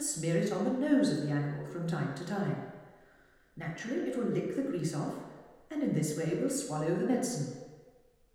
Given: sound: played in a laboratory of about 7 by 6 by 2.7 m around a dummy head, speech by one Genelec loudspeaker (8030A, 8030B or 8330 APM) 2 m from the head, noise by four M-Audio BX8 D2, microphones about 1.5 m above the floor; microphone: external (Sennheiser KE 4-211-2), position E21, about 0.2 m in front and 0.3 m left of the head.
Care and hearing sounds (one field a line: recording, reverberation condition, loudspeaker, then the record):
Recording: female speech in English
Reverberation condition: high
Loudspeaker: 60 degrees to the left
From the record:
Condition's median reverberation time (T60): about 1300 ms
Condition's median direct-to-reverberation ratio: about -4.0 dB